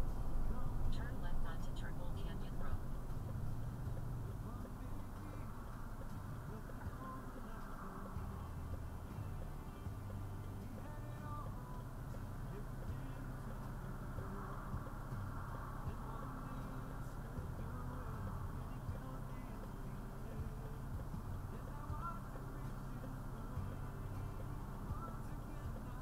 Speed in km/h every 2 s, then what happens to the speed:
19, 8, 2, 0, 0, 0, 0, 0, 0, 0, 0, 0, 0.
0-4 brakes to 2. 4-26 standing.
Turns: none.